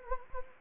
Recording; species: mosquito wingbeat signal from an infrared sensor; Anopheles gambiae